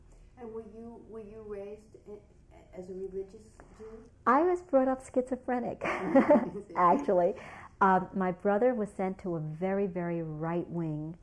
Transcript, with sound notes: And were you — were you raised as religious Jew?
I was brought up schizophrenic. [Laughs] Actually. My brother was sent to a very, very right wing